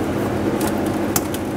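A fuel line quick-connect coupling on a 1999-2007 Ford F-350 7.3L Powerstroke, which had not locked, is pushed onto the fuel pump module fitting again. It snaps home with a sharp click at 1.2 s over a steady low hum, followed by a softer click. Someone talks, and the coupling is confirmed seated.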